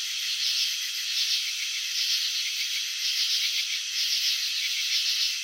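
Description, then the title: Slowed crickets producing a buzzy pulsed trill, the bursts of louder pulses recurring roughly every second. Crickets chirping, shown in slow motion. "Crickets in Slow Motion 📷. Capturing the Elegance of Chirping"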